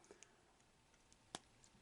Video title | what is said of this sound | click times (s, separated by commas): FLAME TOYS TRANSFORMERS G1 OPTIMUS PRIME MODEL KIT!! | and that pops right in there | 1.4 s